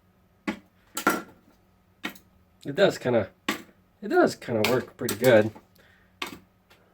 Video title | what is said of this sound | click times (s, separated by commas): Willful Bluetooth Headset with Mic and Chargin Station Review - Trucker Call Center Wireless Headset | yeah and then you can lift it yeah and it snaps right in so I do like the fact that the magnetic Pogo pins are in there | 6.2 s